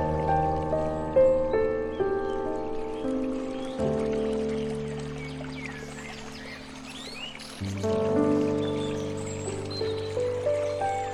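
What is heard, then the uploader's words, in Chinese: Soft, calm piano plays sustained chords that shift around 4 and 8 seconds, with light bird chirps scattered high above throughout. 林中鸟鸣钢琴曲。轻柔宁静的钢琴声徐徐响起，伴着清脆的鸟鸣声，慢慢将人带入一个舒缓放松的情境里。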